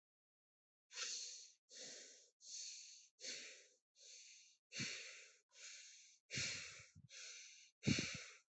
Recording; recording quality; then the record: shallow breathing; excellent, no background noise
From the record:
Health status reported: healthy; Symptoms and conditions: none ticked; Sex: male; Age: 26 years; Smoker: not ticked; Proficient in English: yes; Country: India